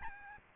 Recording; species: mosquito wingbeat signal from an infrared sensor; Aedes albopictus